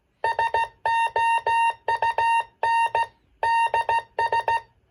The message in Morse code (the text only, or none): SOUNDS